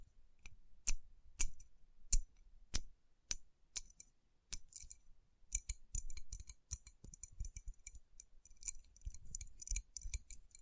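Tapping and rubbing on rhinestone-covered palms: sharp, bright clicks at a steady pace early on, then denser scratchy rubbing with scattered glassy ticks.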